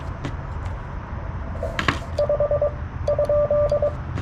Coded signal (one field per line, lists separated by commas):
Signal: Morse code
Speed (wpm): 22 wpm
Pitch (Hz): 590 Hz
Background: none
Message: 5 ?